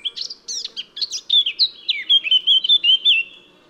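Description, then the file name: Eurasian blackcap song, a quick jumbled warble that breaks into a run of loud, clear, repeated fluting whistles. "Sylvia atricapilla"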